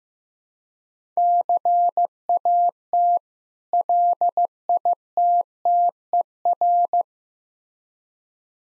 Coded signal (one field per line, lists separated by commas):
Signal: Morse code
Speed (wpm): 15 wpm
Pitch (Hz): 700 Hz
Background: none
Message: CAT LITTER